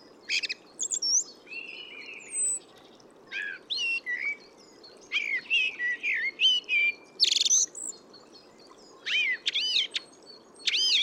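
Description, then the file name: Eurasian blackbird calls and twittering, a run of short high notes mixed with a few longer, lower whistled phrases, coming in irregular bursts over a soft steady hiss. "Turdus merula"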